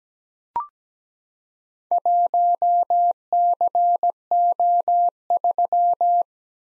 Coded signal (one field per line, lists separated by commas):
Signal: Morse code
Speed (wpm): 17 wpm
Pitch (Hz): 700 Hz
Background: none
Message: 1CO3